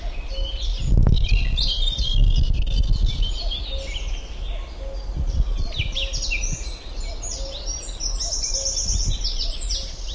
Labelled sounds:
Eurasian Wren song

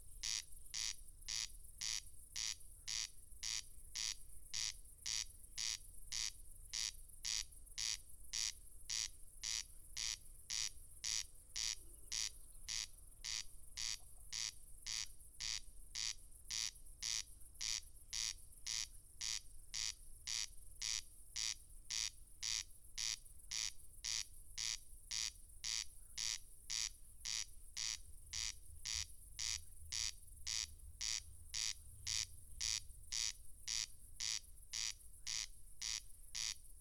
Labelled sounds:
Corn Crake song

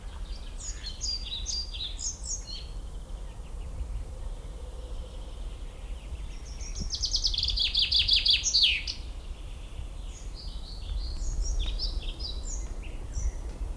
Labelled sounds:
Common Chaffinch song

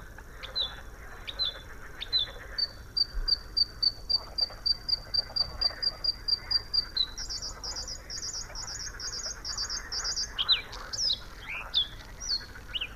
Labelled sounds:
Bluethroat song

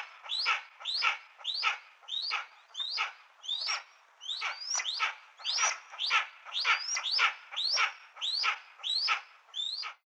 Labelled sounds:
Steppe Eagle

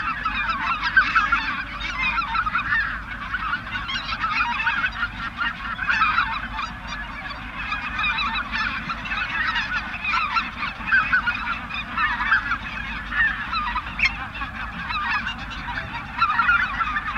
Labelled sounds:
Greater White-fronted Goose call

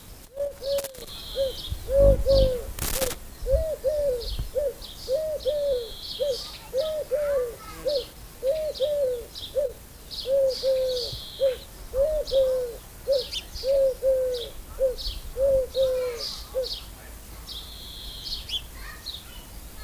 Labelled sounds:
Eurasian Collared Dove song

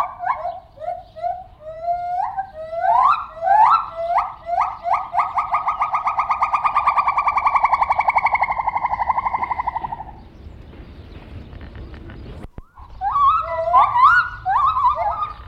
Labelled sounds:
Silvery Javan Gibbon

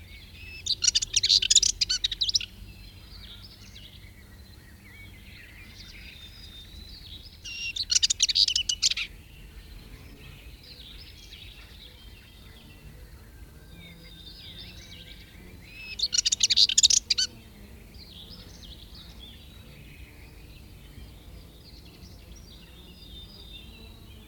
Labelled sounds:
Subalpine Warbler song

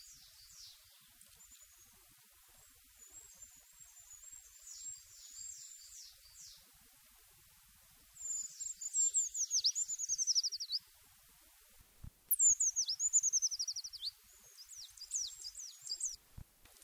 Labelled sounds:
Eurasian Treecreeper song

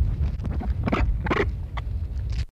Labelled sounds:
African Penguin call

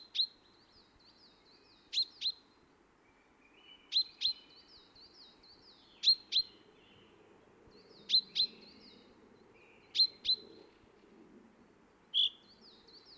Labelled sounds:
Common Chaffinch

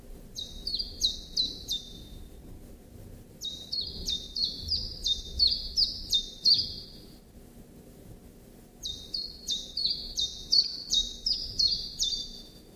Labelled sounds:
Common Chiffchaff song

